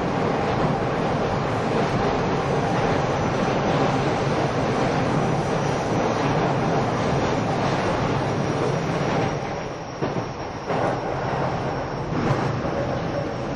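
A train runs steadily with a dense, low rumble and rattle, a brief dip and clatter around ten seconds before the roar resumes.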